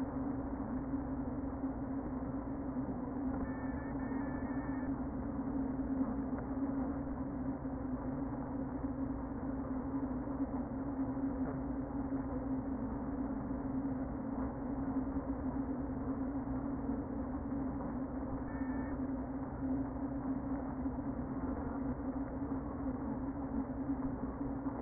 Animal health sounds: honeybee colony, microphone inside the hive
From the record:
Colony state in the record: queen present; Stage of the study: before two queens were removed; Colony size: about 60,000 bees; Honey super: yes

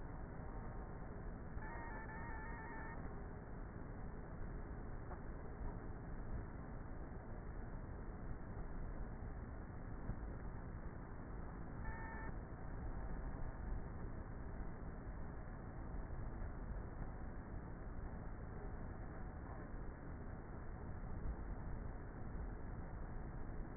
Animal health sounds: honeybee colony, microphone inside the hive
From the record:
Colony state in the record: queenless with a low population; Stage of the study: before two queens were removed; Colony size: about 30,000 bees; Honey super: no

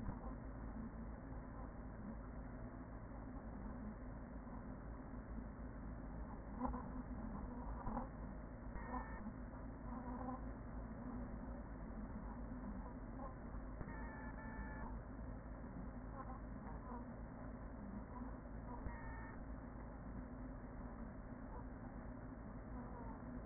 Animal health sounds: honeybee colony, microphone inside the hive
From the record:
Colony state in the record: queen present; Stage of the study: after two queens were removed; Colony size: about 40,000 bees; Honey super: no

